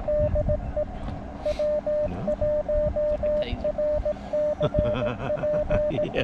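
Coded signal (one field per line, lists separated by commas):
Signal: Morse code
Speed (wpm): 17 wpm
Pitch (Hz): 600 Hz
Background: radio noise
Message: DE W1RCP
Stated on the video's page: CW park activation (POTA), including park-to-park contacts, on a homemade base-loaded shortened vertical and an end-fed random wire.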